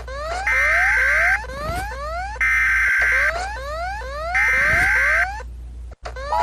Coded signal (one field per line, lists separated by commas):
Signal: Emergency Alert System (SAME) tones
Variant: header bursts